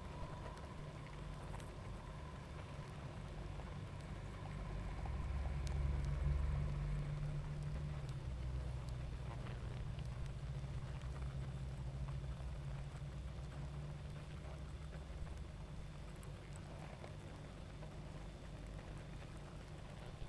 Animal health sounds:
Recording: honeybee colony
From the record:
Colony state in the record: active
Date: 28 July 2017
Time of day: 21:25

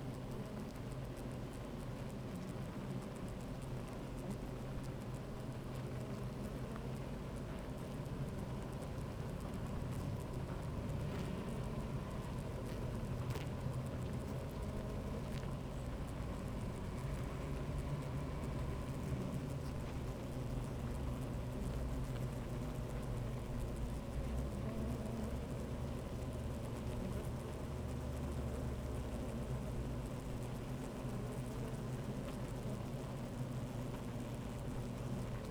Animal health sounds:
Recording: honeybee colony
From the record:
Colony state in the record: active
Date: 28 July 2017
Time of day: 13:20

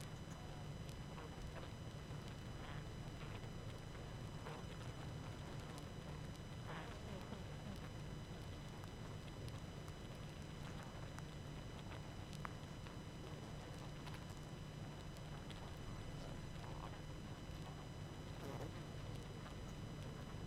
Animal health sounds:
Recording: honeybee colony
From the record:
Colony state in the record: active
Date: 12 June 2018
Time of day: 20:16

